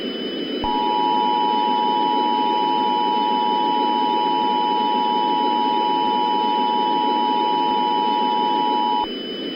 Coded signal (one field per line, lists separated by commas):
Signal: Emergency Alert System (SAME) tones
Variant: 853 and 960 Hz attention tone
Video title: EAS Scenario: Nuclear Negotiations